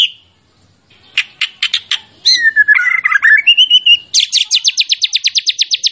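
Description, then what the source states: White-rumped shama song: a whistle, sharp clicking notes, a wavering slur, then a fast even trill of bright repeated notes. Champion bird, used as song-training material (masteran) for other birds.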